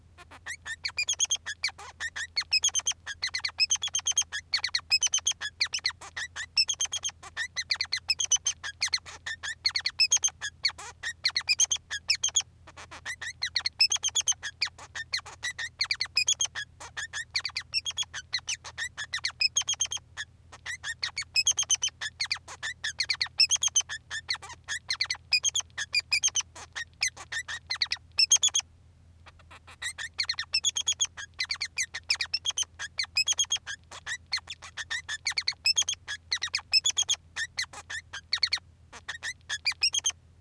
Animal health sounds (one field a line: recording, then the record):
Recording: song of a male Bengalese finch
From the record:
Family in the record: son of father 3